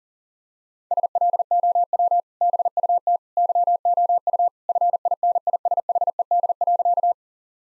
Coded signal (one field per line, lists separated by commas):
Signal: Morse code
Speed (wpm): 37 wpm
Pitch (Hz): 700 Hz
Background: none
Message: SLOW BUT YOU FINISHED.